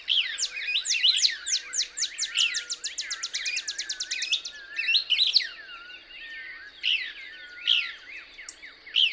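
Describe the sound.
Couch's Kingbird calling: a fast run of sharp, high chattering notes for several seconds, then scattered twittering phrases, with soft low whistles.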